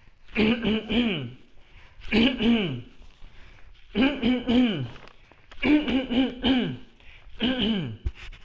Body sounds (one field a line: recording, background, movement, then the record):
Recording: throat clearing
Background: quiet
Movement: walking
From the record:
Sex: male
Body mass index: 20.6 kg/m2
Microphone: on the chest, facing the body